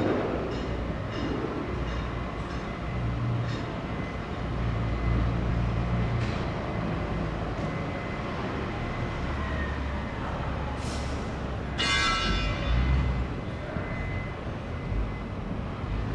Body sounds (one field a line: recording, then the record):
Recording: background sound without coughing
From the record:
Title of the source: 30 MINUTES Construction Site Ambience (CC BY 4.0)